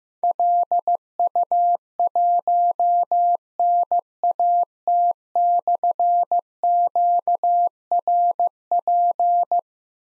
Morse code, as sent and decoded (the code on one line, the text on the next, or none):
.-.. ..- .---- -. .- - -..-. --.- .-. .--.
LU1NAT/QRP